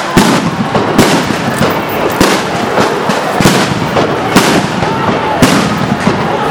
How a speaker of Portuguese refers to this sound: Agora eles conseguiram dispersar mesmo. Soltaram muitas bombas, muitos tiros.